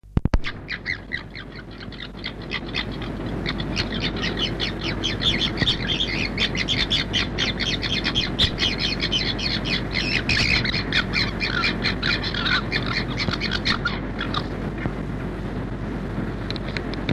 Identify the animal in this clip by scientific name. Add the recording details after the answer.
Vulpes corsac. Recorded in captivity. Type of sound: cackle. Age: adult. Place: Tierpark Berlin, Berlin, DE. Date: 1964-01-28. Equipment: Englisches Reportergerät, Kopie BG 26/1. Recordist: Altmann, Dagmar. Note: Keckern